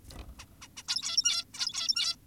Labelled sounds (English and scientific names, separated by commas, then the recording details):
Zebra Finch (Taeniopygia guttata)
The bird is an adult
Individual g17y2U